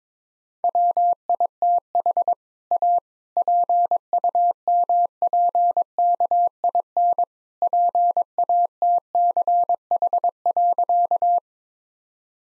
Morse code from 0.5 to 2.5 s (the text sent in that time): WITH